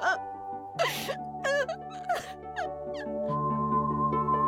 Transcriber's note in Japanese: ワッと泣き崩れる